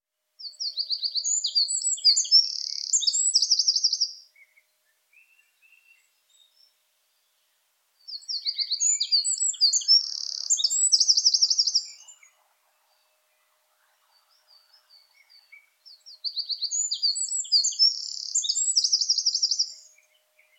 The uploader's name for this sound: Eurasian wren